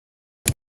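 A new front turn signal bulb for a 2023–2025 Nissan Versa is pushed into its plastic socket. Against silence, a single short, sharp click is heard at 0.5 s. The bulb seats and is installed.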